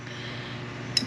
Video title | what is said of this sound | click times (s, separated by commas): BB7A Recase | Dish cushion plate snaps in place. | 1.0 s